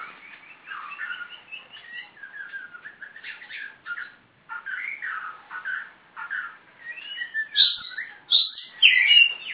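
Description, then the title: Oriental Magpie-robin singing an ever-changing stream of slurred whistles and quick chirps that grows louder toward the close. "Kacer"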